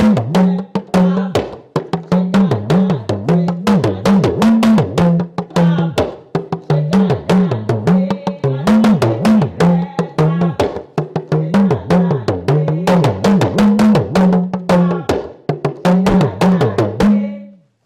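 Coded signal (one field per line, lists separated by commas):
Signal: talking drum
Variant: Yoruba gangan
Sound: rapid sharp drum strokes with low gliding pitch bends, speech-like rising and falling tones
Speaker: this is just a welcoming drumming to welcome people to events and it goes Cabo ready and um okay here we go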